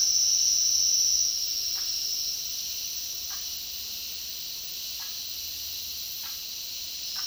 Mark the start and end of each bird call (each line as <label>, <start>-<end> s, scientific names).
Mesembrinibis cayennensis, 0.00-7.25 s